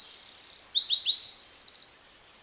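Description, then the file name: Eurasian wren delivering a rapid, high-pitched sequence: a sustained trill, then quick sweeping notes and a fast rattling burst, all very high and clean. "Troglodytes troglodytes"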